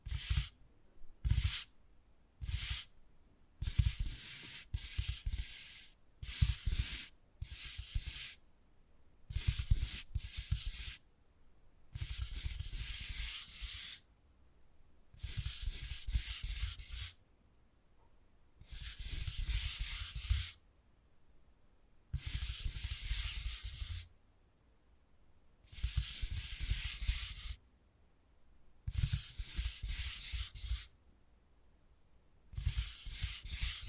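Wood carving, heard as a run of bright scraping and rasping strokes with short silences between them. The strokes come quickly and unevenly at first, then settle into longer scrapes of one to two seconds repeated every few seconds until the end.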